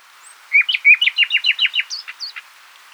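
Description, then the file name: Common nightingale song: a rapid series of about a dozen loud, repeated downward-slurred notes, then a few higher whistled phrases fading out. "Luscinia megarhynchos"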